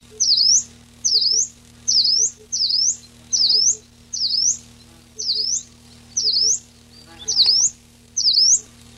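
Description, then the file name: Common chiffchaff giving a regular series of high, V-shaped swept notes roughly every second, with faint short low notes and a constant background hum. Recorded 14 June 1993. "14 06 93 Phcollibita"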